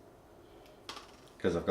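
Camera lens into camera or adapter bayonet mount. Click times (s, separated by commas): 0.9 s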